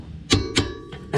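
A torque wrench is pulled on the bottom caliper mounting bracket bolt during a front disc and pad replacement on a Honda Civic EK3, and it clicks at its setting at about 0.6 s. Sharp ticks come at about 0.3 s and 0.6 s, with a fainter one near 0.9 s and another burst at the end. The bolt is torqued, and with it both bracket bolts are done.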